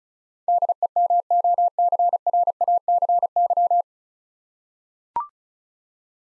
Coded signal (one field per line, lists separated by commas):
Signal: Morse code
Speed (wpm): 34 wpm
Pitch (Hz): 700 Hz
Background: none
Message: DEMOCRACY